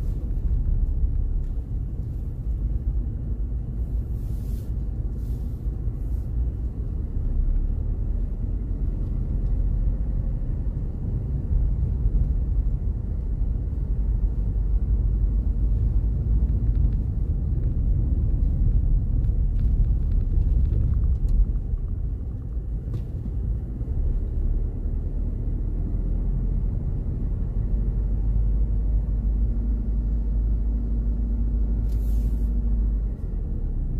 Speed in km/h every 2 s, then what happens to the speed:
7, 8, 10, 12, 15, 17, 17, 18, 20, 19, 16, 15, 17, 20, 20, 22, 22.
0-15 speeds up to 20. 15-34 steady at about 20.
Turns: 0-5.